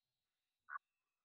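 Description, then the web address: Morelet's tree frog giving a single short note lasting about a tenth of a second, otherwise near silence. "phyllomedusidae Agalychnis-moreletii"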